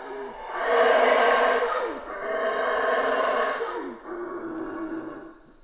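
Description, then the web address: Colombian red howler monkey giving powerful, hoarse roars in two long swells, each sliding downward at its end, then trailing off more softly. Recorded in Guatemala. "bugio colombiano gravado na guatemala"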